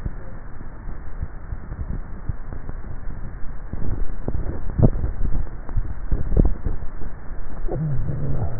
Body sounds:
swallowing sounds by neck microphone; 2
4.55-5.68 s: swallow
6.28-6.88 s: swallow
From the record:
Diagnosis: dysphagia

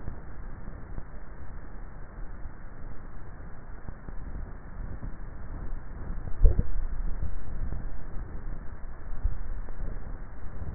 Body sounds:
swallowing sounds by neck microphone; 2
6.28-7.28 s: swallow
9.12-9.85 s: swallow
From the record:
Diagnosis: dysphagia

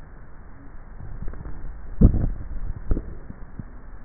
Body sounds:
swallowing sounds by neck microphone; 1
1.92-3.02 s: swallow
From the record:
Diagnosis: dysphagia

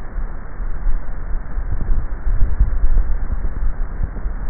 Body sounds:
swallowing sounds by neck microphone; 1
2.42-3.22 s: swallow
From the record:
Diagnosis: dysphagia

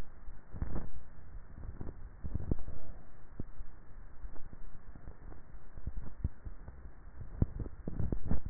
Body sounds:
swallowing sounds by neck microphone; 2
1.53-2.60 s: swallow
6.87-8.17 s: swallow
From the record:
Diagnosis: dysphagia

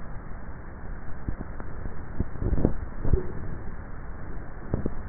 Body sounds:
swallowing sounds by neck microphone; 1
2.32-3.22 s: swallow
From the record:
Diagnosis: dysphagia

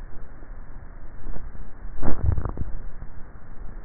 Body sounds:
swallowing sounds by neck microphone; 1
2.12-2.95 s: swallow
From the record:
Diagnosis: dysphagia

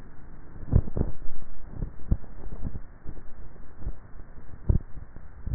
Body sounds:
swallowing sounds by neck microphone; 1
1.95-2.68 s: swallow
From the record:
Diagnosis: dysphagia

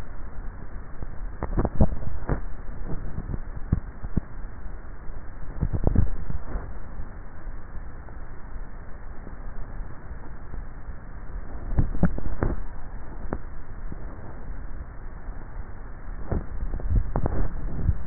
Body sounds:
swallowing sounds by neck microphone; 4
1.48-2.42 s: swallow
5.72-6.68 s: swallow
11.72-12.68 s: swallow
16.58-17.52 s: swallow
From the record:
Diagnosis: dysphagia

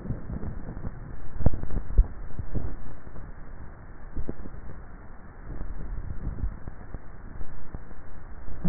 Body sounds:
swallowing sounds by neck microphone; 2
1.95-2.85 s: swallow
5.75-6.72 s: swallow
From the record:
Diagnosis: dysphagia

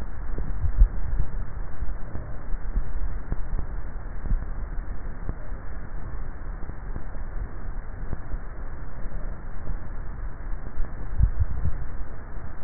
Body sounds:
swallowing sounds by neck microphone; 2
0.59-1.25 s: swallow
11.02-11.65 s: swallow
From the record:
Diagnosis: dysphagia

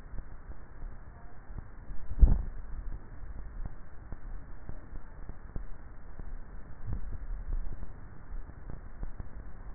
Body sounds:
swallowing sounds by neck microphone; 2
2.12-2.92 s: swallow
7.05-7.72 s: swallow
From the record:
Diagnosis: dysphagia

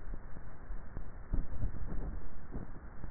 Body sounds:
swallowing sounds by neck microphone; 1
1.42-2.25 s: swallow
From the record:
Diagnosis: dysphagia

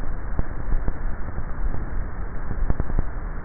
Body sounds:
swallowing sounds by neck microphone; 1
0.25-1.10 s: swallow
From the record:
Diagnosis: dysphagia

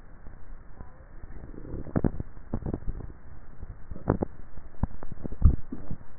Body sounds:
swallowing sounds by neck microphone; 1
2.45-4.08 s: swallow
From the record:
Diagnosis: dysphagia

